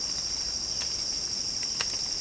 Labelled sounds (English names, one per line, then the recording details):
none
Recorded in secondary vegetation near Puerto Asís, Putumayo, Colombia, on 12 March 2025 at 09:30
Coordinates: 0.485, -76.322
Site G040